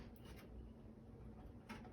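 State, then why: Not seated. A SATA power connector is worked into position and lined up on a dusty, unmounted solid state drive in a cramped spot. Soft, low handling and scraping sounds come through, with brief brighter rustles near 0.2–0.4 s and 1.7 s. Nothing has seated or clicked yet.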